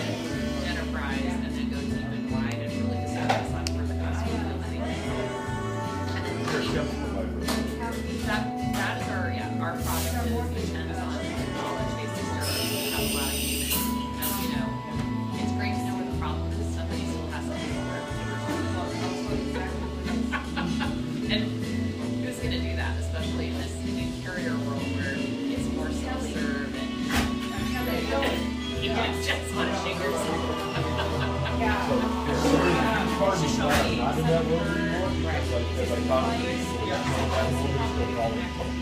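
Café chatter runs steadily throughout over a low, pulsing bass beat, with a sharp hissing burst around ten to fourteen seconds.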